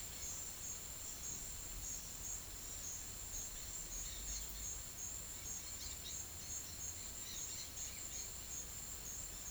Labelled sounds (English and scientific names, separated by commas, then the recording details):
none
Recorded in pastures near Puerto Asís, Putumayo, Colombia, on 28 February 2025 at 14:30
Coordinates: 0.505, -76.324
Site GP08